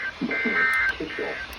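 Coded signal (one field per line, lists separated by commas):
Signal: Emergency Alert System (SAME) tones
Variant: end-of-message bursts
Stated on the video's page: Severe thunderstorm warning received from NOAA weather radio transmitters WNG586, WXL58 and KJY86.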